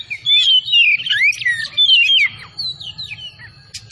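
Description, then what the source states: Oriental magpie-robin song of rich looping whistles and quick slurred notes, ending in softer fading phrases. Singing vigorously, described as gacor; the bird is a kacer of the Tretes type.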